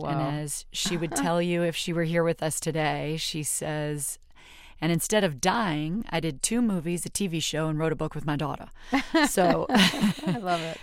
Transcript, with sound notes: And as she would tell you if she were here with us today, she says, and instead of dying, I did two movies, a TV show, and wrote a book with my daughter.
(Laughter).
So...
I love it.